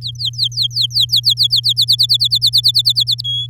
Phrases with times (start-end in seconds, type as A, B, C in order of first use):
0.01-1.47 A, 1.50-3.22 B, 3.24-3.46 C